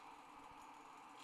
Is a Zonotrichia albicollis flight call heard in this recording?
no